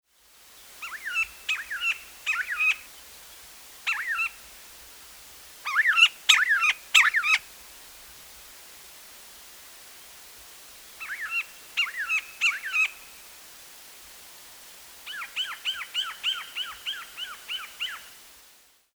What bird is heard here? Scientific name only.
Perisoreus infaustus